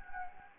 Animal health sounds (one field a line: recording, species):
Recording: mosquito wingbeat signal from an infrared sensor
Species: Anopheles gambiae